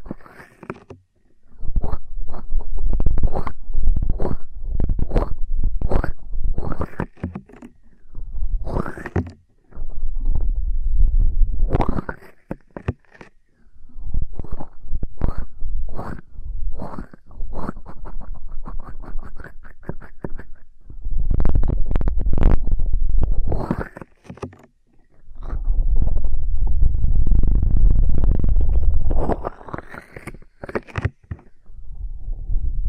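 Ear cleaning gives dense, rapid scratching and rustling bursts with deep low rumbles, broken by brief pauses near 9, 20 and 25 seconds.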